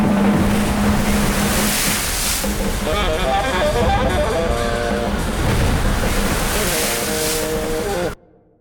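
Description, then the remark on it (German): Loud, continuous roar of rough sea with whirlpools and enormous gusting wind at Scylla and Charybdis, with a steady low engine-like hum and shifting tonal whines running underneath, cutting off abruptly at the end. “Skylla und Charybdis, Meeresstrudel, ungeheurer Wind.”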